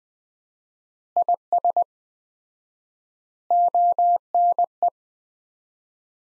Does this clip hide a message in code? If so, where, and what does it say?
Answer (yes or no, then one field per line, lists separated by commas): yes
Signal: Morse code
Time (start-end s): 1.2-4.9 s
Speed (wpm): 21 wpm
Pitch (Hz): 700 Hz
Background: none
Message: IS ONE